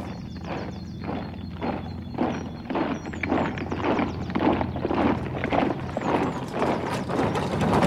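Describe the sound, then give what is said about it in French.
Rapid, steady clip-clop of hooves from horses being whipped on by their driver at a galloping pace, with rhythmic thuds over a low rumbling undertone and faint high chirping in the background. “Fouette, brave homme. Fouette tes chevaux.”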